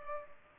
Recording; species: mosquito wingbeat signal from an infrared sensor; Culex pipiens